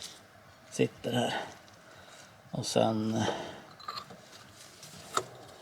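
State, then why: Not seated. A fuel line quick-connect coupling is handled at the new fuel filter nipple of a 2006 Volvo V70 2.4 (140 hp) during a fuel filter change, part of the search for the cause of a P0420 code. Someone talks, with brief sharp handling noises near 0.0, 3.9 and 5.2 seconds. The connector has not clicked or seated yet.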